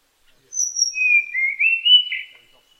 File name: sikatan tanahjampea